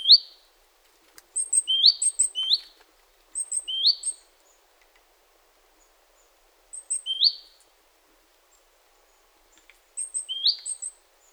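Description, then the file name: Great tit calls: clusters of tiny high ticks each followed by a sharper rising note, given in short bursts with long pauses, otherwise quiet. "Parus major"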